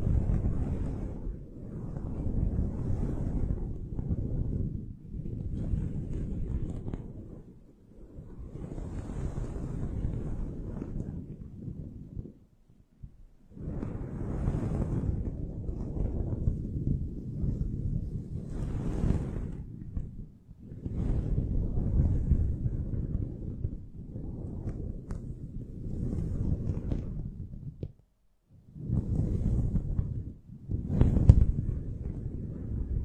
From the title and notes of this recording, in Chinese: 麦克风防风棉套触发。